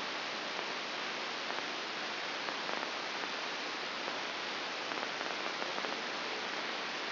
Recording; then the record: brain microelectrode recording played as sound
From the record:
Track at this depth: outside the subthalamic nucleus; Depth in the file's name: 7.06 mm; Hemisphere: left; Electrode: 2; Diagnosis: Parkinson's disease